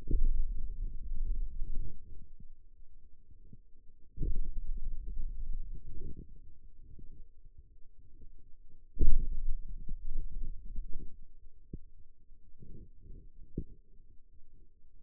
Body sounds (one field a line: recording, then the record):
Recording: forearm muscle sounds (acoustic myography)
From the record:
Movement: finger pinch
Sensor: system 2, bracelet of six BSWA MPA416 microphones around the upper forearm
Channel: 2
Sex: male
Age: 22 years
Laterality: right